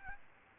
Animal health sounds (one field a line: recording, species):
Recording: mosquito wingbeat signal from an infrared sensor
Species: Aedes albopictus